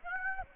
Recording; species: mosquito wingbeat signal from an infrared sensor; Aedes aegypti